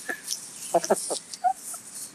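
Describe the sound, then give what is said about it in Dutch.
A contented, happy hen clucks softly in a run of short, murmuring notes, a few brighter chirpy peeps mixed in, giving a relaxed, slightly sing-song chatter over faint background hiss. “We beginnen met het geluksgeluid van een kip.”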